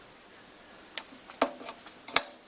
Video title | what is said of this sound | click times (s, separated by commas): Part 3 Sloan and Chace lathe | you can hear it clicking in so it's definitely nicely in | 2.2 s